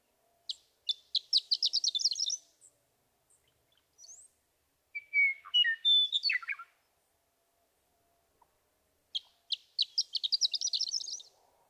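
Western meadowlark song: a phrase of clear whistled notes ending in a brief jumbled flourish, between two rapid trill bursts.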